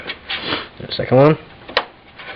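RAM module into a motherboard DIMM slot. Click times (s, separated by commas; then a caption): 1.8 s. A second RAM module is pushed down into a motherboard DIMM slot, and its latch snaps shut with a sharp plastic click at 1.8 s while someone talks. The stick is now seated in place.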